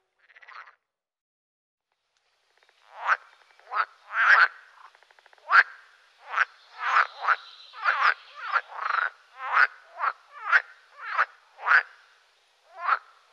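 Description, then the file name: Pool frog giving a run of short, rasping croaks, first a lone call, then a quick irregular series of pulsed notes over about ten seconds. "grenouille de lessona"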